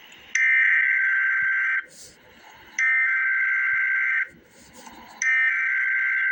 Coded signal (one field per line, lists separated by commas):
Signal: Emergency Alert System (SAME) tones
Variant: header bursts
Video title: Emergency Alert System - Special Weather Statement - Dec 11, 2024 at 2:02 PM EST